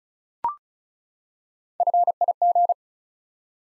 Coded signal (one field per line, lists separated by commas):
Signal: Morse code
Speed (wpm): 34 wpm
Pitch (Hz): 700 Hz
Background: none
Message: FIG